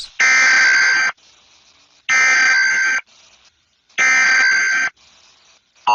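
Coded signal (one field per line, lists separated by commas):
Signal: Emergency Alert System (SAME) tones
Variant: header bursts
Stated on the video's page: Fictional Emergency Alert System scenario, a simulated alert.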